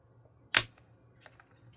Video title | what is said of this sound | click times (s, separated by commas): Розбираємо преміум за $400! 🎧 Повне розбирання Bowers & Wilkins PX7-S2e що в всередині. | हाँ। क्लिक की आवाज़ आई। | 0.6 s